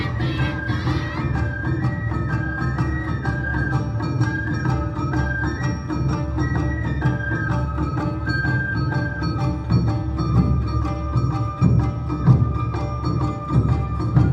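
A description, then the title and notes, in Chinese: An Awa dance troupe performs at a temple in Taipei: a bright flute melody steps between held high notes over dense, steady drumming and regular clanging beats. The music stays loud throughout, with a low crowd rumble underneath. 東京高圓寺阿波舞團來台展演。地點在台北市松山區的松山慈祐宮。阿波舞團在台展演。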